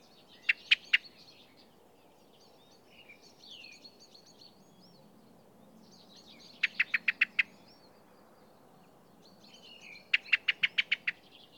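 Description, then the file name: Common blackbird giving sharp, clicking chink calls in three rapid bursts of several notes, with soft twittering between bursts over a low background hiss. "Turdus merula"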